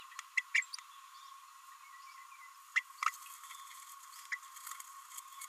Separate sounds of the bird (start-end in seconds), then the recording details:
0.37-0.42, 0.54-0.63, 2.76-2.79, 3.06-3.10, 4.32-4.37. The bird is a female. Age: 26 days. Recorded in a nest box in Venezuela. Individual 17B32A7